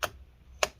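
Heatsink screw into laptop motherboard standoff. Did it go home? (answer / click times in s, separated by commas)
yes / 0.0 s, 0.6 s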